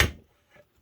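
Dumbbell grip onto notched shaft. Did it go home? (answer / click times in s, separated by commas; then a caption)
no / none. A Bowflex SelectTech 560 dumbbell grip is flipped to its other end and slid down the notched shaft, because only one end of the grip fits the notches. A sharp bright knock opens the clip and fades over about 0.2 s, followed by a soft muffled rub near 0.55 s and a faint tick near 0.8 s. Nothing has seated or clicked yet.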